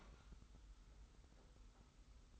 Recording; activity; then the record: daily activity, microphone in the room; open fridge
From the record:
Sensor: 3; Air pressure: 991.0 hPa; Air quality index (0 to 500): 118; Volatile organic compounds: 85 ppm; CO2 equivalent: 3645 ppm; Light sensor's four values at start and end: 35/83/33/31 and 35/83/33/31